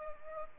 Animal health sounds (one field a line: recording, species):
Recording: mosquito wingbeat signal from an infrared sensor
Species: Culex pipiens